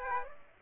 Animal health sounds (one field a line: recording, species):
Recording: mosquito wingbeat signal from an infrared sensor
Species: Aedes aegypti